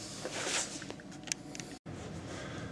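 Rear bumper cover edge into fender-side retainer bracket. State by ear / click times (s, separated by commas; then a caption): seated / 1.3 s. The plastic rear bumper cover of a 3rd Gen Murano is pushed onto its side retainer bracket at the rear fender, with faint scraping and handling sounds around it. A sharp snap at 1.3 s marks the cover edge seating into the fender-side retainer, followed by a few lighter ticks and a brief dropout near 1.8 s. The bumper cover is confirmed seated on the fender bracket.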